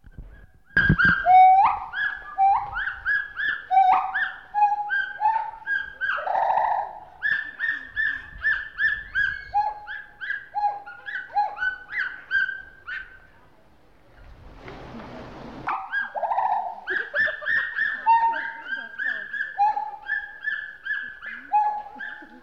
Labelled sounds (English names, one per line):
Pileated Gibbon